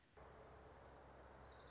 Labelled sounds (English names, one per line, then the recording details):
Orange-crowned Warbler
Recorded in Sonoma County, California